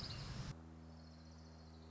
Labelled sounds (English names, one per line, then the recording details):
Orange-crowned Warbler
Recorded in Sonoma County, California